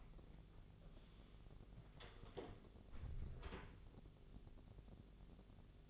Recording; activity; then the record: daily activity, microphone in the room; close door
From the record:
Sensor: 4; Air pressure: 1001.2 hPa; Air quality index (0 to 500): 182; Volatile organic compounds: 2 ppm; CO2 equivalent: 1305 ppm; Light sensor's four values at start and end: 15/35/14/15 and 17/39/16/17